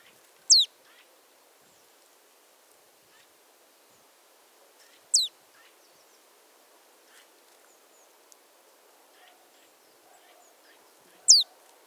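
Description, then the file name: Marsh tit calls: three sharp, high notes, each sliding steeply downward, spaced about four and a half to six seconds apart, with faint ticks and soft background hiss between them. "Poecile palustris"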